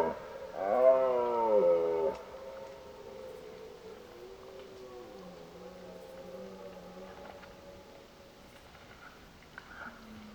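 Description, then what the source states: Red deer roar: a short, strained, wavering bellow in the first two seconds, followed by fainter low moaning tones. Old stag roaring during the rut (burlen).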